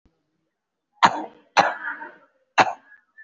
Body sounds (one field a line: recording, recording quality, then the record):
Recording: shallow voluntary cough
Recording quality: excellent, no background noise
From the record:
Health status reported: respiratory illness, not identified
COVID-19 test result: negative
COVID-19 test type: RT-PCR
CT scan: taken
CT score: 0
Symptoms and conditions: cough, cold, breathing difficulty, pneumonia, another respiratory illness, another condition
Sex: female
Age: 37 years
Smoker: no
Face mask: worn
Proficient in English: yes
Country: India